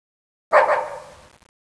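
Dog uttering a single short bark, then quiet.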